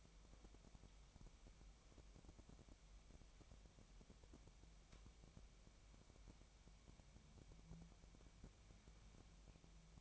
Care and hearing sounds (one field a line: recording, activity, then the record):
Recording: daily activity, microphone in the room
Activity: wipe stove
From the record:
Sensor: 1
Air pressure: 1003.3 hPa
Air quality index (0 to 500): 199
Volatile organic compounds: 6 ppm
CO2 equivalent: 1903 ppm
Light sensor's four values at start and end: 9/21/9/10 and 9/21/9/10